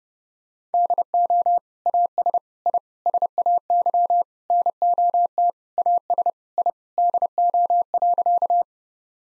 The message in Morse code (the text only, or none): DO AS I SAY NOT AS I DO.